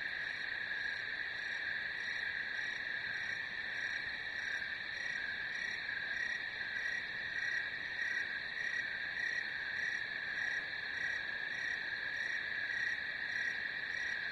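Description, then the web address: Cricket chorus: a constant shrill ringing with overlapping high trills and light rhythmic pulses, steady from start to finish with no other sounds. "сверчки"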